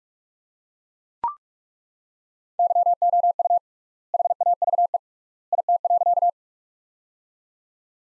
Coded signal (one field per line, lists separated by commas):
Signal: Morse code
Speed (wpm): 42 wpm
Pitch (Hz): 700 Hz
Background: none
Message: YOU HAVE IT.